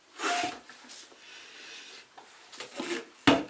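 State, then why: Released. A bolted-down MAX2H manual tyre changer's bead breaker is worked to push the rubber tyre bead off the rim seat of a Kawasaki Z1000 front wheel, with rubbing and creaking strain sounds building up. At 3.3 s a sharp, loud pop is heard as the bead breaks away and releases from the rim.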